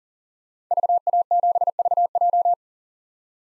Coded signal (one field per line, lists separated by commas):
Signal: Morse code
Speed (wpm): 40 wpm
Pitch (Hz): 700 Hz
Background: none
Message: VA7VJ